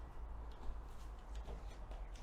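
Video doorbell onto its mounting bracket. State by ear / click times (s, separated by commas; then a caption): not seated / none. The top of a Blink video doorbell (UK version) is hooked onto its mounting bracket and lined up before it gets pressed down to click in. Only a steady low rumble with faint rustling and light scraping is heard. Nothing has seated or clicked yet.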